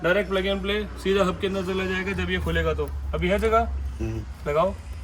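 A man talks while a direct plug-and-play wiring harness connector is handled near its mating hub socket inside a modified Brezza LXi interior, with a steady low hum underneath. The connector has not yet been pushed home, so nothing has seated or clicked yet.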